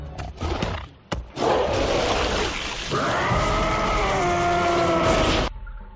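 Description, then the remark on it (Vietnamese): A beast with a rider clinging to its back lashes itself with its own tail and roars frantically in pain, the roar echoing through a ravine: harsh, noisy bellows open, then a long, loud, sustained roar takes on a groaning, tonal pitch before cutting off abruptly. “Cái đuôi dốc sức ra đòn quật lên chính mình, nó đau đến nỗi lại điên cuồng gào thét.”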